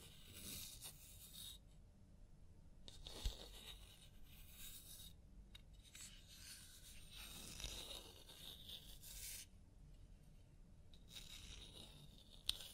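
Soft rubbing and scratching sounds of a scalp massage during a hair wash, coming in bursts of bright, hissy friction separated by quieter gaps. The motion swells and fades irregularly, with a couple of sharp little taps near three and twelve seconds.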